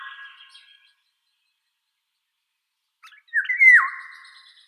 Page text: Иволга обыкновенная (Oriolus oriolus) - Пение